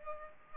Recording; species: mosquito wingbeat signal from an infrared sensor; Culex pipiens